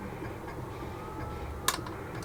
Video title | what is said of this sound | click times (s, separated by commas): M2A3 Bradley w/BUSK III, Part 27, final assembly... | Oh, that snapped together. Yay. | 1.7 s